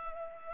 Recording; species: mosquito wingbeat signal from an infrared sensor; Culex pipiens